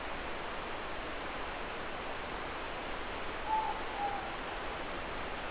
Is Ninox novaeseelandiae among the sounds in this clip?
yes